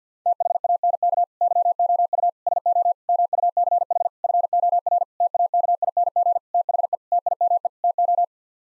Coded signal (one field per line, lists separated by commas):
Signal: Morse code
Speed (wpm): 50 wpm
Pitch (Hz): 700 Hz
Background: none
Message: THANK YOU SO MUCH FOR TAKING THE TIME TO